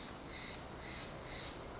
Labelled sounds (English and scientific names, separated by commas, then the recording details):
Steller's Jay (Cyanocitta stelleri)
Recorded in Sonoma County, California